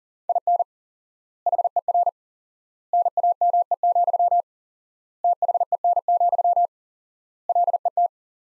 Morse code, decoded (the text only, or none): IN HER NAME, THEN, LET